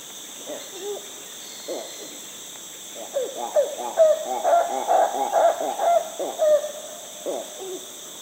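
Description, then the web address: Yellow-handed titi monkey calls: soft hoots, then a run of quick pumping notes that swells into a loud rhythmic sequence before fading, over a steady high drone. Primate of the South American rainforest. "Natures Songs S America Primates of the Rainforest Yellow-handed titi monkey"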